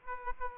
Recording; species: mosquito wingbeat signal from an infrared sensor; Aedes aegypti